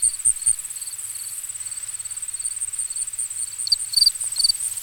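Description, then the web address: Crickets trill thinly and continuously with softer, sparser chirps, a few louder chirps near the end, and faint low sounds. Ambient nature recording of crickets. "Dr Sound Effects. Crickets and Frogs In the Distance"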